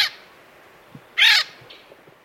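Acorn woodpecker giving one short, harsh, nasal call after a clipped one at the very start, with only quiet background otherwise.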